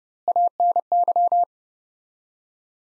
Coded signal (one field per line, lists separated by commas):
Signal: Morse code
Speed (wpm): 32 wpm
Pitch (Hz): 700 Hz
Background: none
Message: ANY